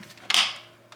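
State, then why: Seated. A removable plastic part, likely a cover or tank, is set onto a Bissell Crosswave Max wet and dry floor vacuum and pressed home. A sharp, bright plastic click lands at 0.3 s and rings down over about half a second, followed by a faint tick near 0.9 s. The part clicks back in place and is seated.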